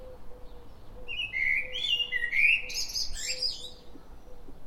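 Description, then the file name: Common blackbird singing a short flowing warble of rich notes that breaks into scratchy high chatter, with a faint low note pulsing in the background. "Turdus merula"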